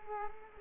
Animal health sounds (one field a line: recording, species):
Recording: mosquito wingbeat signal from an infrared sensor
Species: Culex quinquefasciatus